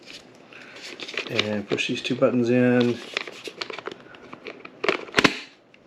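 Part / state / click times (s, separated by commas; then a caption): grass shear attachment into cordless trimmer handle / seated / 5.2 s. A grass shear attachment is pushed onto a SAKER cordless grass shears/hedge trimmer body while its two release buttons are held in, with someone talking over light plastic handling rattles. The attachment snaps into place with a sharp plastic click at 5.2 s, and it is seated.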